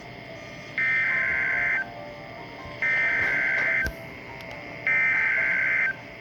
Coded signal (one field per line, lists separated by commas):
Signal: Emergency Alert System (SAME) tones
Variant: header bursts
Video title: EAS #443-444: SVR + TOR